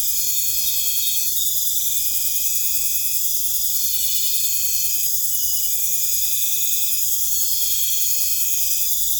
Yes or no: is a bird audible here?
no